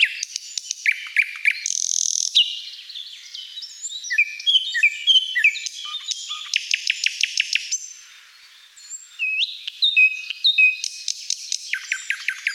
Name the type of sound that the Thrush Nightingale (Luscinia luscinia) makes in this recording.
song